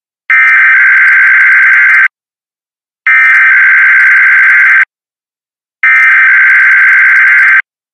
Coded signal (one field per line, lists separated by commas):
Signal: Emergency Alert System (SAME) tones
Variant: header bursts